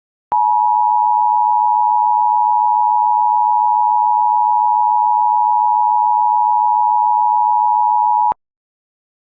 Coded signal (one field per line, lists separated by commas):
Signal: Emergency Alert System (SAME) tones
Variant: 853 and 960 Hz attention tone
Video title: EAS Mock 11: Acidic Burgers